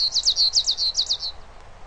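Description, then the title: Bird song: a quick run of about ten high chirped notes, evenly spaced, ending after about one and a half seconds. "LuckyPassaro Completos2Sama"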